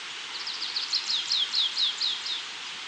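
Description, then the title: Stripe-tailed yellow finch uttering a quick string of high, thin, downward-sweeping notes over a steady hissing background. Nominate subspecies citrina, assumed from location. "LuckyPassaro Completos2Sama. Stripe-tailed Yellow Finch (Sicalis citrina citrina (ssp assumed from location))"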